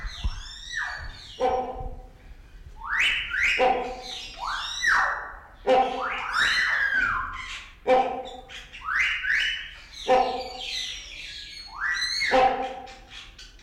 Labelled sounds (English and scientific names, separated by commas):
Great Hornbill (Buceros bicornis) call